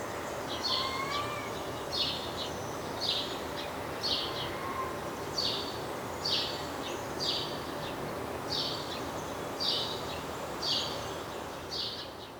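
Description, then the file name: House sparrow chirps: a long run of short, rough cheeps at roughly one-second intervals, fairly soft within a steady rushing background. "Passer domesticus"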